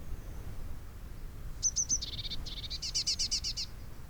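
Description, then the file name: Eurasian blue tit calls: three high piercing notes, a short buzzy section, then a quick trill of ringing notes, with faint low background noise. "Cyanistes caeruleus"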